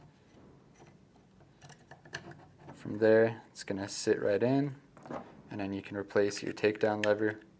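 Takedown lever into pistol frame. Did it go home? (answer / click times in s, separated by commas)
no / none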